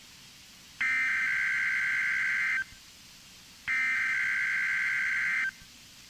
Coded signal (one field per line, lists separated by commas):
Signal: Emergency Alert System (SAME) tones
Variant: header bursts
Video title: EAS #1313 - High Wind Warning 11-11-2015